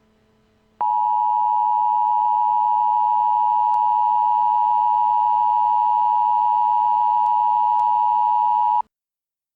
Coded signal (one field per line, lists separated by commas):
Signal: Emergency Alert System (SAME) tones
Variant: 853 and 960 Hz attention tone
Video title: Bot Bogus (+ MistfulSkye, Deejay Greg, Dark Deception Gamer) (EAS Scenario)